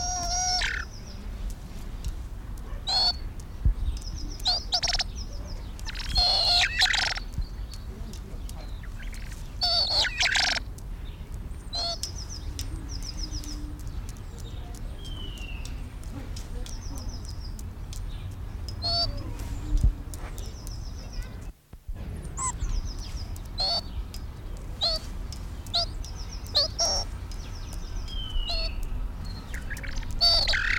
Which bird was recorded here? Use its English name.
Blood Pheasant